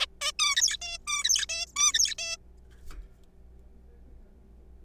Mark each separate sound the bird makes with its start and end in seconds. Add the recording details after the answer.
0.01-0.06, 0.21-0.31, 0.39-0.76, 0.82-0.98, 1.07-1.24, 1.24-1.45, 1.49-1.66, 1.76-2.15, 2.19-2.37. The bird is a juvenile. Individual R3428